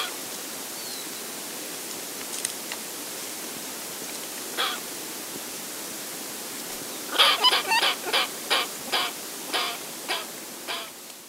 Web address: Natures Songs S America Mammals of the Rainforest Guayaquil Squirrel